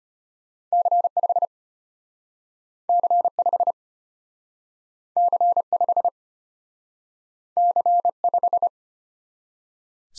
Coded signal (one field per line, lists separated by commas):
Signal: Morse code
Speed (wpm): 33 wpm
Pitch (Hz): 700 Hz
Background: none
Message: C5 C5 C5 C5